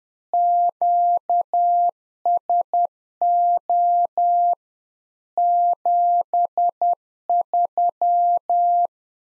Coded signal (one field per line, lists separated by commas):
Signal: Morse code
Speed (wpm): 10 wpm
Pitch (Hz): 700 Hz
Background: none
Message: QSO 73